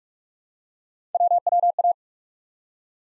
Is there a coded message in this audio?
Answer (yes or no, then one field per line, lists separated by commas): yes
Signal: Morse code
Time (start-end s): 1.1-1.9 s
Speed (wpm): 46 wpm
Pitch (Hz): 700 Hz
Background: none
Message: WWA